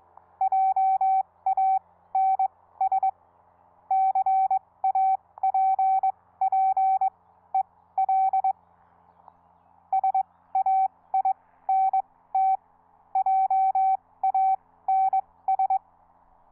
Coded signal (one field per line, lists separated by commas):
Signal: Morse code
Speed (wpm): 22 wpm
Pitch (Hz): 770 Hz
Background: none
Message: JANS CAPPEL SAINT JANS